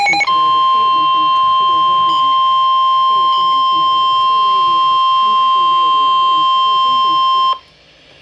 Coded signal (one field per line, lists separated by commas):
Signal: Emergency Alert System (SAME) tones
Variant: 1050 Hz attention tone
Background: speech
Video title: Severe T-Storm Warning [EAS #112] 7-26-12